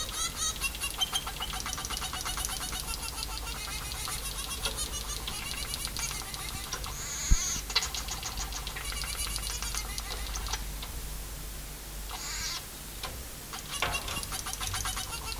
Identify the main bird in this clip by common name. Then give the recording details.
Scaly-breasted Munia. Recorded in captivity. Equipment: Halbspur 19 cm. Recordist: Lütgens, Hans